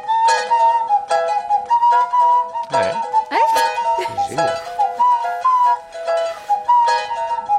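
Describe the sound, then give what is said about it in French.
A nose whistle, a device put against the nostrils with the mouth acting as a resonance chamber, plays a continuous melody of sustained, reedy high notes, with a couple of quick upward and downward slides partway through, steady and fairly loud throughout. “En utilisant un instrument avant, le sifflet à nez, un truc qu'on se colle dans les narines et la bouche fait caisse de résonance.”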